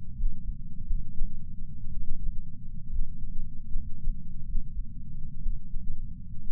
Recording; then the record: heart sounds by patch sensor on the chest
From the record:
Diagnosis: coronary artery disease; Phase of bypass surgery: postoperative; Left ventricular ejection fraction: 41.5%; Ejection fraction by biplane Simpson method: 34.6%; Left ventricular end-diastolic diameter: 67 mm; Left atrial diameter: 53 mm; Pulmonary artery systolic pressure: 24 mmHg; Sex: male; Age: 61 years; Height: 174 cm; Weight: 80 kg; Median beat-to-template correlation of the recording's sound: 0.54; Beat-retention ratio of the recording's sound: 0.99